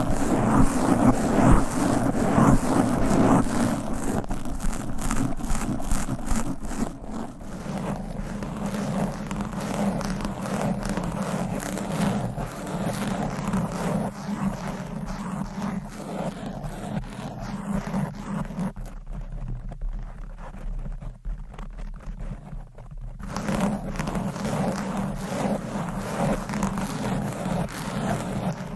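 Fast, aggressive scratching on a microphone: a dense, continuous rough rubbing with a heavy low rumble underneath. Rapid strokes come thick and quick through the first few seconds, then the noise turns more muffled and dull, losing its brightness briefly around twenty seconds before picking up again.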